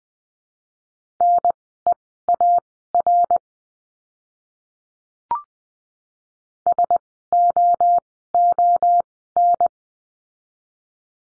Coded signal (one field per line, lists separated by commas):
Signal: Morse code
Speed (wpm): 20 wpm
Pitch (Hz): 700 Hz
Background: none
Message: NEAR SOON